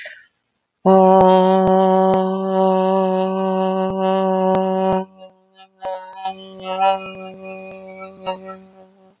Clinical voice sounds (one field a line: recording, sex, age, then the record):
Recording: vowel held as long as possible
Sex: female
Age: 50 to 59 years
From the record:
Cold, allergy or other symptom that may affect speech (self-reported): no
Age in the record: 50 years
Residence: Minnesota, United States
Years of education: 17